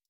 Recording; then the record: hydrophone in a shrimp aquaculture tank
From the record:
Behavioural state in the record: stressed